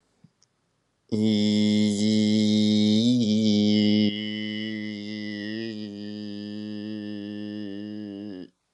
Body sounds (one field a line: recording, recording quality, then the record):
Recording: sustained vowel as in beet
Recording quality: excellent, no background noise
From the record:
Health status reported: healthy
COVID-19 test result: negative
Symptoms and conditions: fatigue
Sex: male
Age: 34 years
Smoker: yes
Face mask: not worn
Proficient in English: no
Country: France